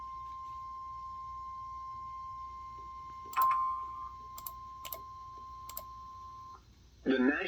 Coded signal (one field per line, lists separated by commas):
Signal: Emergency Alert System (SAME) tones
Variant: 1050 Hz attention tone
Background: speech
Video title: (L.S. EAS #256) Severe Thunderstorm Warning in New York State!